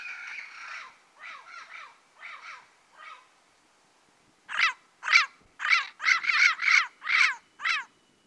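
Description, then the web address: Turquoise-fronted amazon calls: harsh, raspy squawks with stacked harmonics, a run of softer grating notes followed by a louder series of about eight sharp calls. Recorded in the Pantanal, Brazil. "sescpantanal. Papagaio verdadeiro"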